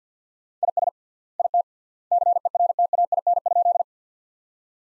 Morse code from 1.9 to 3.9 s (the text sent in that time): CERTAIN?